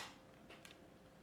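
The second plastic replacement lens of a pair of Oakley Valve sunglasses (old version, 2005 and before), its top already slid into the frame grooves, is pushed down at the corner into the frame. A faint rustle near 0.5 s leads to a short, sharp click at 0.7 s as the lens snaps in and is seated.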